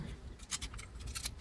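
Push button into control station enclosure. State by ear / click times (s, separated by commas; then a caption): not seated / none. A push button is lined up in its mounting position in a control station enclosure and handled, producing a series of short, bright scraping and tapping sounds over a low background hum. Nothing has seated or clicked into place yet.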